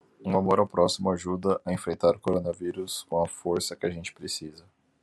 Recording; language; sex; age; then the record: spoken sentence; Brazilian Portuguese; male; 40 to 49 years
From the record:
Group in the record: control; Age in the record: 40 years